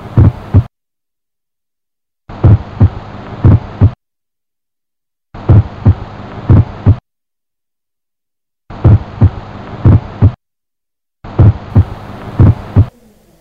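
Heart sounds with a split first heart sound. The cause is mainly complete right bundle branch block.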